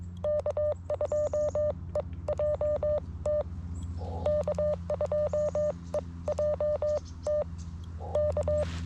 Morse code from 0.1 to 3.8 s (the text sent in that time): K2EJT